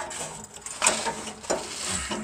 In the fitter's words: Can't get my hands in there to work. Oh, I thought I heard it click.